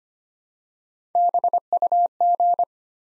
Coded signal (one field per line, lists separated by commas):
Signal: Morse code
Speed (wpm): 25 wpm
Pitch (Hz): 700 Hz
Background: none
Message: BUG